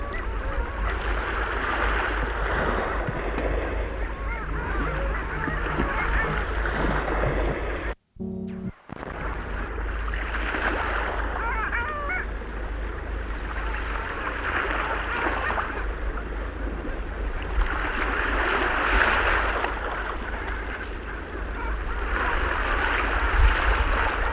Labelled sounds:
Long-tailed Duck (Clangula hyemalis) call
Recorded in the wild
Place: Dwasiden, Insel Rügen, Mecklenburg-Vorpommern, DE
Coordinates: 54.51, 13.62
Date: 1970-04-14 06:15
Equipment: Nagra III BH, Sennheiser MD 21, parabola
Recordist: Schubert, Michael
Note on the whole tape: Balz Eisenten, zum Schluß am besten (weniger Wellenger.große Gruppe ruft). Auch (z.T. wimmernde) Langrufe dabei E. 6,15

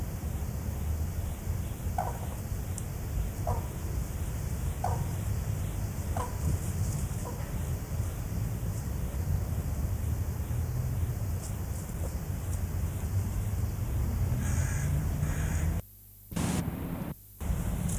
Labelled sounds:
Red-crowned Crane (Grus japonensis) call
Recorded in captivity
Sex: pair
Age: adult
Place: Tierpark Berlin, Berlin, DE
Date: 2008-08-21 13:00
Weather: 24°C
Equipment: Sony WM-D6C, Sennheiser ME 80, Kopie Uher 4000 Report Monitor
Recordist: Tembrock, Günter
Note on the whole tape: Paar (die Jungen wurden zuvor entfernt - Abtransport): diverse Lautformen

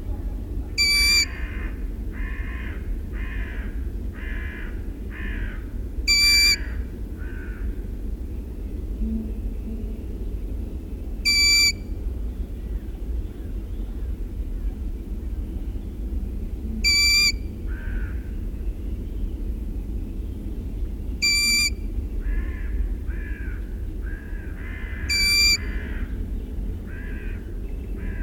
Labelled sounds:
Long-eared Owl (Asio otus) call
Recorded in the wild
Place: Retgendorf, Mecklenburg-Vorpommern, DE
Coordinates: 53.729, 11.504
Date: 1972-06-13
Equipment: Nagra III BH, Sennheiser MD 21, parabola
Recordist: Schubert, Michael

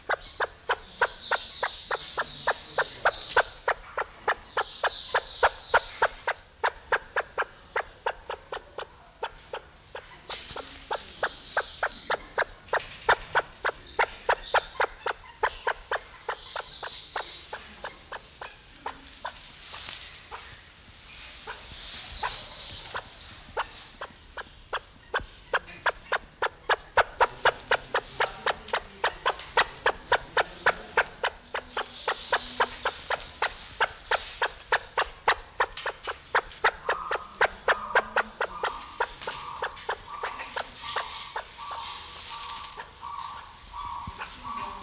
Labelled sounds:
Great Argus (Argusianus argus) call
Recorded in captivity
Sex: male
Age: adult
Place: Zoo Berlin, Berlin, DE
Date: 1994-01-08
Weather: wolkig bis sonnig, 6°C
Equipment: Marantz CP 430, Sennheiser MKH 416 T, Kopie Uher Variocord 263
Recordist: Tembrock, Günter

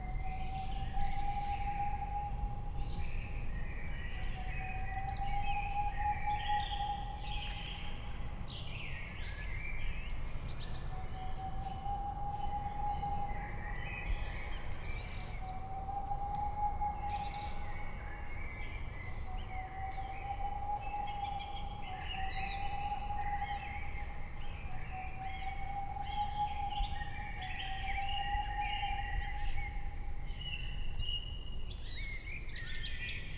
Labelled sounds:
Boreal Owl (Aegolius funereus)
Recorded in the wild
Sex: male
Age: adult
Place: Altsorgefeld, NSG Rochauer Heide, Brandenburg, DE
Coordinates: 51.8147, 13.52
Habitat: wood
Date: 2007-03-13 18:06
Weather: heiter, 15°C, windstill
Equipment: Sound Devices 702, Sennheiser MKH 70, Windkorb
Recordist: Frommolt, Karl-Heinz

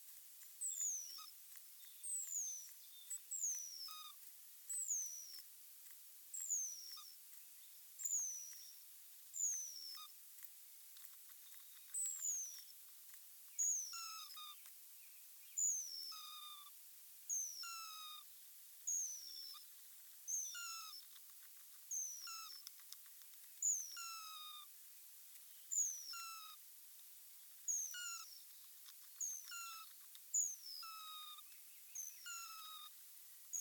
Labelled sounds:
Hazel Dormouse (Muscardinus avellanarius) call
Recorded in the wild
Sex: pair
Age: adult
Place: Jena, Thüringen, DE
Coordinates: 50.9178, 11.5264
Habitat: Nestbox
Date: 2024-05-13 19:46
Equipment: audiomoth
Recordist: Nüske, Jörg
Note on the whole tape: Schwarzer Graben (unten): Serie von Lauten unmittelbar nachder Paarung

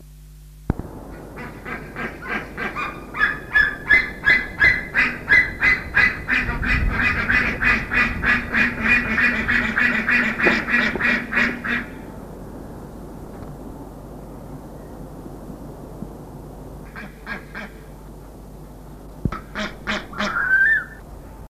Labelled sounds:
Steller's Sea Eagle (Haliaeetus pelagicus) call
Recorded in captivity
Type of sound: call
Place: Tierpark Berlin
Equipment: Halbspur, 9,5 cm/s
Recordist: Lütgens, Hans
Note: Duett

